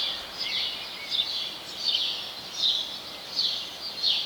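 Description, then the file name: House sparrow chirping, harsh high notes coming in loose bursts roughly once or twice a second, with constant environmental hiss behind them. "Passer domesticus"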